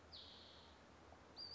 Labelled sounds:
Western Flycatcher
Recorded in Sonoma County, California

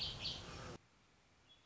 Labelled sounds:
Red-winged Blackbird
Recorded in Sonoma County, California

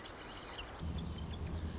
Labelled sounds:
Marsh Wren
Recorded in Sonoma County, California

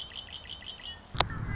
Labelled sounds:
Red-winged Blackbird
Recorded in Sonoma County, California

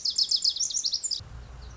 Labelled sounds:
Lazuli Bunting
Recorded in Sonoma County, California

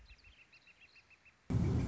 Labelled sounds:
Northern Flicker
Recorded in Sonoma County, California

